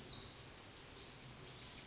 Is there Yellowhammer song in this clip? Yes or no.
no